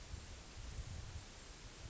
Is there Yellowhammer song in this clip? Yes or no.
no